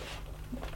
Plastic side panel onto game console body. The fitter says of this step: on the machine and make sure you get that nice firm click and that is the the job done.